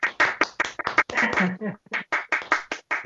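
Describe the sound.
A single person claps their hands in a quick, steady rhythm of sharp bursts, with a short stretch of speech briefly mixed in partway through.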